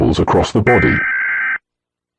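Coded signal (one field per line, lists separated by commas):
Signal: Emergency Alert System (SAME) tones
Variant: header bursts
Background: speech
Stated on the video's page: Fictional EAS scenario depicting a national lockdown, not a real alert.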